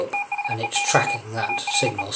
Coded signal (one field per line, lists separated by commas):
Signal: Morse code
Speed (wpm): 37 wpm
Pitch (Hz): 2450 Hz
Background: speech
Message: THEY ARE